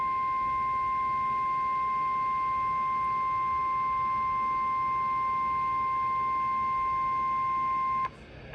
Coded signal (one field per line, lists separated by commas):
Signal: Emergency Alert System (SAME) tones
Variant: 1050 Hz attention tone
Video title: EAS Alerts from the 2022 Arizona Monsoon Season (Phoenix)